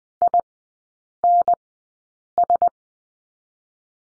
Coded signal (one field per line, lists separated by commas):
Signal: Morse code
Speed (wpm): 20 wpm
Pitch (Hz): 700 Hz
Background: none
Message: INS